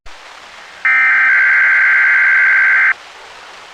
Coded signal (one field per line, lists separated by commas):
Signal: Emergency Alert System (SAME) tones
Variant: header bursts